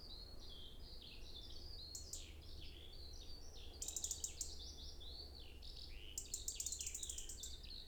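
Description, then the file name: European robin song: a thin, high, varied stream of short whistled notes, many sliding down, interrupted by rapid high buzzy trills, over a low steady background rumble. "Erithacus rubecula"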